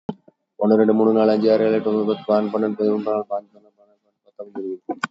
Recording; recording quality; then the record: counting at a fast pace; excellent, no background noise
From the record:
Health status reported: COVID-19 positive, mild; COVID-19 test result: positive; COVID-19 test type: RT-PCR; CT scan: taken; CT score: 0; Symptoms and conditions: cough, cold, hypertension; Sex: male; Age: 50 years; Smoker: no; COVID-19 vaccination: one dose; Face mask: not worn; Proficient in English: yes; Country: India